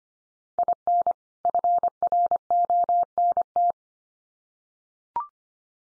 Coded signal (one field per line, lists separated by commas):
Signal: Morse code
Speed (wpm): 25 wpm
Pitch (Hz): 700 Hz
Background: none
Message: IN FRONT